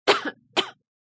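A short, acted adult cough: a sharp, harsh first burst followed about half a second later by a shorter second burst. Dry and brief, with no wheeze or wet rattle, in a quiet room.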